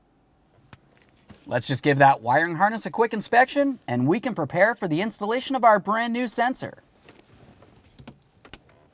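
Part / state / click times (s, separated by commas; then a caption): wiring harness connector into ambient light sensor / seated / 8.5 s. A wiring harness connector is pushed onto a new ambient light sensor for a 2006-2012 Ford Fusion until its locking tab engages. Someone talks from about 1.4 to 6.8 seconds, followed by a few small handling ticks. A sharp click at 8.5 seconds shows the connector seating.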